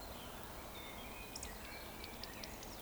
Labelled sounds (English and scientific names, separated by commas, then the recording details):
Eurasian Woodcock (Scolopax rusticola) whistle
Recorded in Baden-Württemberg, Germany, on 15 June 2020 at 20:01 UTC
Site 14569, 102 m above sea level